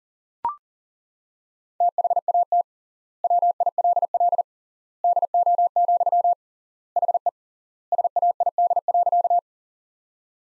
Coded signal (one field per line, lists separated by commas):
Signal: Morse code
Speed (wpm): 40 wpm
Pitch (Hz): 700 Hz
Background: none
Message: THAT WILL DO, HE SAID.